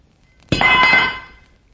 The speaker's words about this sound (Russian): Господи, какой я неловкий. Упала кочерга.